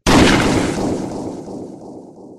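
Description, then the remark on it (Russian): A single loud gunshot bursts out with a sharp, full-range crack, then trails off into a long rumbling decay over a couple of seconds. No voices are heard. “Прозвучал выстрел, и пуля разнесла Вите голову так, будто это была не пуля, а артиллерийский малокалиберный снаряд.”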